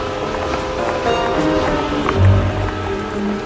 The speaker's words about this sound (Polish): Marcowy deszcz pomieszany ze śniegiem padał wciąż i rozwłóczył nad łodzią ciężki, lepki tuman. Bębnił w blaszane dachy i spływał z nich prosto na trotuary, na ulice czarne i pełne grząskiego błota, na nagie drzewa przytulone do